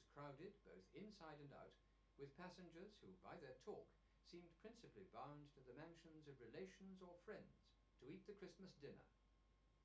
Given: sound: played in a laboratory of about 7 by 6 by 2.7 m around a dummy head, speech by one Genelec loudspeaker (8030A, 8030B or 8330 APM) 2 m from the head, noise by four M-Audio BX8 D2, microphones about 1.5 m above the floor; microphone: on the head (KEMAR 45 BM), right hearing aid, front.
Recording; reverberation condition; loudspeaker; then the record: male speech in English; low; 90 degrees to the left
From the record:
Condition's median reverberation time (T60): about 310 ms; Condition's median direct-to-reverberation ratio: about 3.5 dB